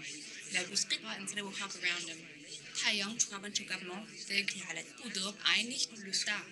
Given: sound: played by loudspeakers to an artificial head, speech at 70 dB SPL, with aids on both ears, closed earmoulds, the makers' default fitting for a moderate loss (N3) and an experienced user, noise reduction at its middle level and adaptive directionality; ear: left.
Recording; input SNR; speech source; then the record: speech test signal (ISTS) in cocktail-party noise; +6 dB; in front (0 degrees)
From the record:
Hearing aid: class 1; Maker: J